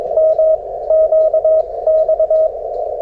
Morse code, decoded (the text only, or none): M QX